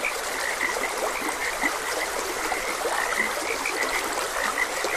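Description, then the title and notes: Steady frog chorus, many short croaks overlapping at a similar pitch, heard over the constant wash of flowing water. Frogs croaking beside a gentle stream. "Gentle Stream and Frogs Croaking. Sleep and Relaxation Podcast"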